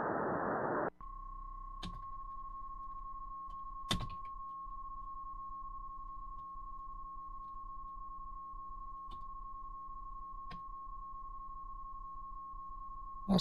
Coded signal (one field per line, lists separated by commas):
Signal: PSK31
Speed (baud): 31.25 baud